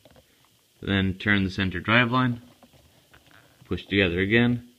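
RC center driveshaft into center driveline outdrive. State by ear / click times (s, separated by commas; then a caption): not seated / none. Someone talks while handling a Tekno aluminum center driveshaft for a Slash 4x4 RC truck, pushing it together with the center driveline outdrive and turning the driveline to line them up. Only a few faint, brief ticks are heard between the speech. The clip ends before the driveshaft locks into the outdrive, so nothing has seated or clicked yet.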